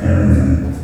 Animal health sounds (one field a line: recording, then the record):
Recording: squeal of a Yucatan mini pig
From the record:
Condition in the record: after surgery on the right vocal fold (resection and tissue-engineered implant)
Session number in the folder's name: 7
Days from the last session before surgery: 47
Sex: female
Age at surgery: 19 weeks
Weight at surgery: 25 kg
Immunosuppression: prednisolone